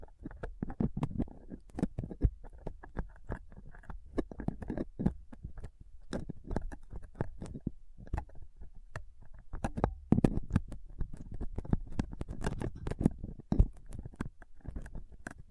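Scraping and picking on a rough microphone surface with a dental pick, tweezers and a cotton swab: dense, irregular scratches and taps that crowd together almost continuously. Sharp clicks stand out now and then, with a low rumbling thud under the busier bursts.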